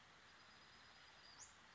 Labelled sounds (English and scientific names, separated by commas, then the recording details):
Western Flycatcher (Empidonax difficilis)
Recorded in Sonoma County, California